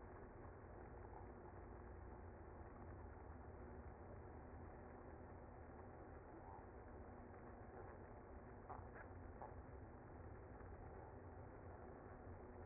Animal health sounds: honeybee colony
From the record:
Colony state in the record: active

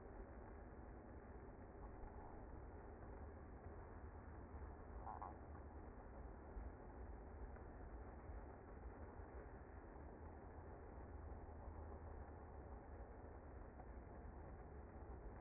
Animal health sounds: honeybee colony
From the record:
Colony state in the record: active

